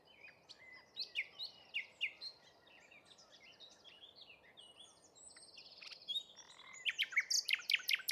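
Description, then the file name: Common nightingale singing rich, varied phrases: spaced chirps, then a buzzy trill, building to a loud run of rapid repeated notes near the end, over soft background noise. "Luscinia megarhynchos"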